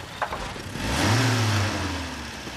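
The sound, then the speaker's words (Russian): A car stopped at the curb by police hums steadily, then revs up with a rising low growl partway through before easing back to a rumbling idle. The engine is kept running because its starter is overheated and the car is stuck in second gear. No one speaks. “Сэр, заглушите двигатель.”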